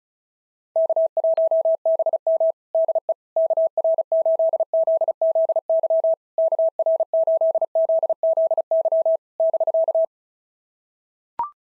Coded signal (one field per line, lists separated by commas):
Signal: Morse code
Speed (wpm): 37 wpm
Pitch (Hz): 650 Hz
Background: none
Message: K1BM DE KR8ZZY KR8ZZY <BK>